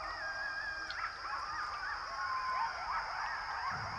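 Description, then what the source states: Coyotes howling in a chorus, several wavering, overlapping high calls gliding up and down. Coyotes at Pipestone Canyon, eastern Washington State; the howls are heard travelling through the canyon, giving a sense of its space.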